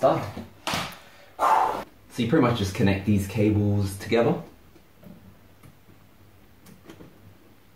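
Someone talks while two plastic wiring-harness connectors on a kids' electric ride-on BMW i8 Concept Spyder toy car are handled during assembly of the steering area. A sharp handling knock comes at 0.7 s, then speech, then quiet handling with a faint tap near 6.7 s. The plug has not yet been pushed into its mating connector, so nothing has seated or clicked.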